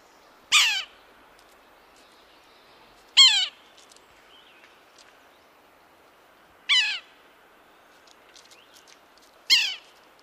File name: Yellow bellied